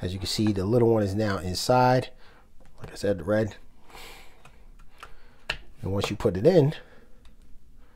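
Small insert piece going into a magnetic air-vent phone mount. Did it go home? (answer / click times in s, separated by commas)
no / none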